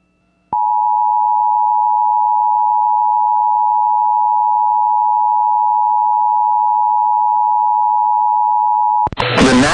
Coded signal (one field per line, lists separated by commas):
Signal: Emergency Alert System (SAME) tones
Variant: 853 and 960 Hz attention tone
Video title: Severe Thunderstorm Warning (Logan, Phillips, Sedgwick, Washington Counties, CO) (8/1/25) [EAS #209]